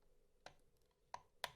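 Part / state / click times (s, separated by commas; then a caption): board connector pressed into its socket in the instant camera / seated / 1.4 s. Inside a Fujifilm instax Square SQ20 instant camera, during a change of its NP-45S battery, a board connector is pressed gently down into its socket with a screwdriver. Three short, sharp clicks sound at about 0.5, 1.1 and 1.4 seconds, each louder than the last, over a faint background hiss. The connector clicks into place and seats at 1.4 seconds.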